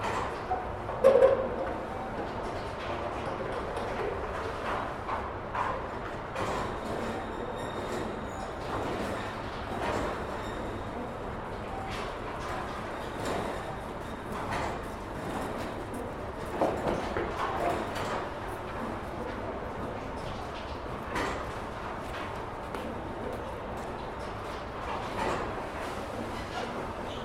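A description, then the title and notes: Steady hubbub outside a grocery store entrance, with a dense, even murmur of activity and faint voices. Short knocks and clatters pop out now and then, a sharp one near the start and another around seventeen seconds, while a low hum runs underneath. Sitting In A Warm Spot On A Bench At A Grocery Store. Although the door to this grocery store is only a few steps away, and stays shut for a few moments before triggering open automatically, a sweet spot of warmth can be found right here, on the bench facing it.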